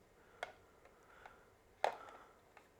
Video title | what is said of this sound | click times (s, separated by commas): Intro To Blackmagic Cinema Camera | and you spin it clockwise till it clicks on, and then we know it's on. | 1.8 s